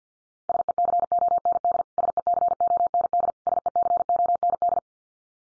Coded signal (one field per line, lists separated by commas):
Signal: Morse code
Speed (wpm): 50 wpm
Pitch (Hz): 700 Hz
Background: none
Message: SECOND SECOND SECOND